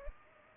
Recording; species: mosquito wingbeat signal from an infrared sensor; Culex pipiens